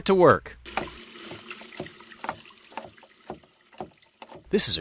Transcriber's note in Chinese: sound of sink/cooking sounds